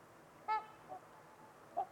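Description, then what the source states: Trumpeter swan giving a loud, brassy honk followed by two softer, shorter honks, with quiet hiss between. Trumpeter swans on a winter evening at Winters Lake in a deep, silent valley, with distant white noise.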